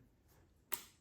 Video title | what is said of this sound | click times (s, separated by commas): DeWalt 18v MEGA tool review & VERDICT! | and you hear it click. | 0.7 s